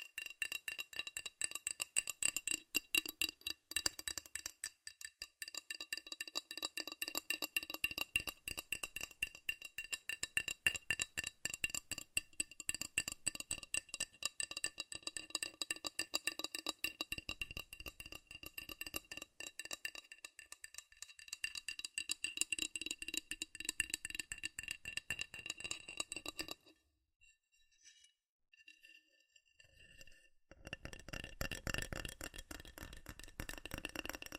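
Fast, dense tapping on metal runs almost without pause for the first 26 seconds, a rapid rattling patter with bright, ringing clinks. It stops abruptly, leaving near silence for a few seconds, then a softer, scattered tapping returns toward the end.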